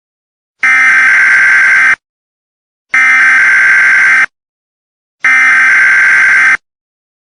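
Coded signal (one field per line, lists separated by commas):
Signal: Emergency Alert System (SAME) tones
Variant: header bursts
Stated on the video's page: Fictional EAS scenario.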